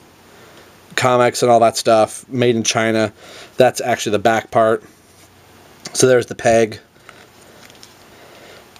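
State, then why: Not seated. Someone talks while handling a plastic back piece for a Mattel DC Universe Classics El Dorado action figure, lining it up on the figure's peg. Light plastic taps follow between about 7.1 and 8.8 s, but nothing has seated or clicked yet.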